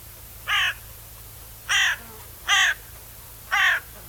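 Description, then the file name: Carrion crow cawing: four harsh, hoarse caws at uneven intervals, each under half a second, with a faint low hum underneath. "Corvus corone"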